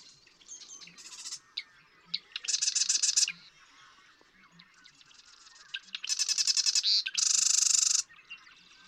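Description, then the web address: Marsh Wren song: several rapid gurgling, rattling trills in sequence, each preceded by short clicks, with faint chips between songs. "birdsongforthecurious Marsh Wren"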